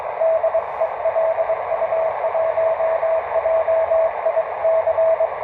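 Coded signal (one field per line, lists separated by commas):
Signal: Morse code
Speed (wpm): 23 wpm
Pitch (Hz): 650 Hz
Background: radio noise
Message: DELU1JIC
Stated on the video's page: QRP Morse station heard at long distance.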